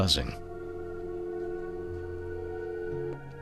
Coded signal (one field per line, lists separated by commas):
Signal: telephone call progress tone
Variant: North America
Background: speech, music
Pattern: dial tone